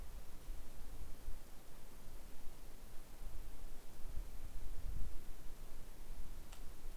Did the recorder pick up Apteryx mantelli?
no